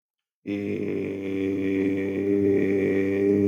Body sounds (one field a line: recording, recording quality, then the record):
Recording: sustained vowel as in made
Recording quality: excellent, no background noise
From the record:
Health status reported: healthy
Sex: male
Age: 20 years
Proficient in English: yes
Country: India